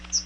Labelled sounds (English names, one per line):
Chestnut-sided Warbler flight call